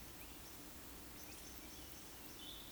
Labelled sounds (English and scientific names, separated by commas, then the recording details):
Eurasian Woodcock (Scolopax rusticola) whistle
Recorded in Baden-Württemberg, Germany, on 13 June 2021 at 19:43 UTC
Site 23718, 552 m above sea level